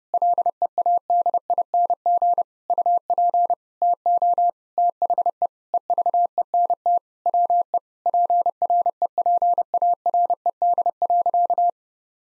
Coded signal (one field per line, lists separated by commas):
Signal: Morse code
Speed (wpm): 32 wpm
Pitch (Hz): 700 Hz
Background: none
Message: LEADING UP TO THE EVENT WE PREPARED.